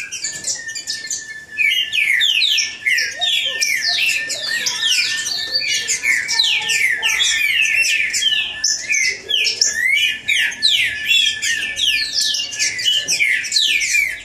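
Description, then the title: Green-winged saltator song: a dense, rapid stream of sharp whistled and buzzy notes, rising and falling, running on throughout. Green-winged saltator singing in the bush, in a song dispute with a free-flying wild bird. "Trinca Ferro NICÃ O No Mato Disputando Com Solto"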